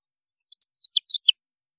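European goldfinch song, one quick phrase of bright, liquid twitters and chirps lasting under a second.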